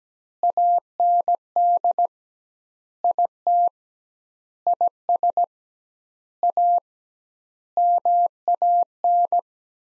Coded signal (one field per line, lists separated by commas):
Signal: Morse code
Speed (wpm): 17 wpm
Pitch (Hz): 700 Hz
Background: none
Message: AND IT IS A MAN